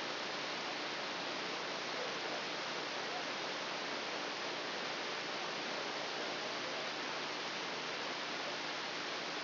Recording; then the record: brain microelectrode recording played as sound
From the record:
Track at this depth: inside the subthalamic nucleus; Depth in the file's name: 3.108 mm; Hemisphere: left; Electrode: 2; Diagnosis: Parkinson's disease